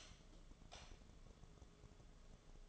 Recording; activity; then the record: daily activity, microphone in the room; light off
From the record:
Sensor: 4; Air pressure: 1011.1 hPa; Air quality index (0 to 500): 146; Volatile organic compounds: 3 ppm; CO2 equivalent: 1499 ppm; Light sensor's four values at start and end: 127/335/141/146 and 127/334/141/146